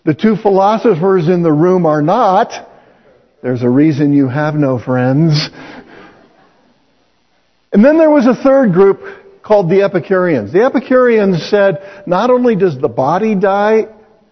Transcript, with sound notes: The two philosophers in the room are not. There’s a reason you have no friends [laughs] Then there was a third group called the Epicureans. The epicurean said not only does the body die